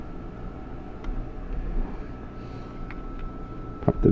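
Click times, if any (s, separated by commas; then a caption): 3.9 s. During reassembly of a Dell Vostro 3550 laptop, a video connector is pushed into its socket on the motherboard. Over a low steady hum, faint ticks sound at about 1.0 s and 2.9 s. The loudest sharp click comes at 3.9 s as the connector seats.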